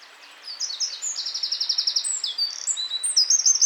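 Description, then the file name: Eurasian wren singing a rapid, high-pitched rattling trill mixed with sharp whistled notes, loud and fast throughout. "Troglodytes troglodytes"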